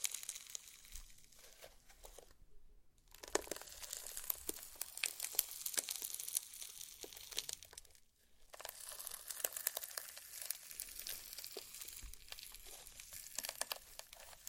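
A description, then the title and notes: Slime being squeezed and worked, giving a dense run of bright, crackling pops and crinkles. The clicking is busy and uneven, with short pauses near 2.5 and 8 seconds before the crackle resumes, and no other sounds behind it. ASMR SLIME! 5 Satisfying Slimes.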